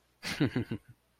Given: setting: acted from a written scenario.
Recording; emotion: vocal sound without words; amusement